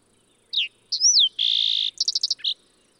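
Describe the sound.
Fox sparrow singing a rich phrase: short slurred notes, a sweeping falling whistle, a long buzzy note, then a rapid string of short notes closing with a burred note.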